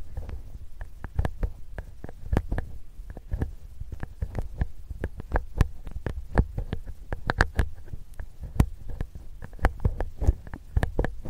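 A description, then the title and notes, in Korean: A metal ear pick scrapes and taps inside an ear. Short, sharp clicks and scratches come irregularly but often, several each second, over a soft low muffled rumble that stays steady throughout. ASMR 편안한 쇠 귀이개 귀청소 시간.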